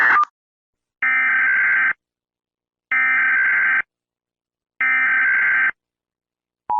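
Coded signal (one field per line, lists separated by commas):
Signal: Emergency Alert System (SAME) tones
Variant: header bursts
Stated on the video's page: Fictional EAS scenario.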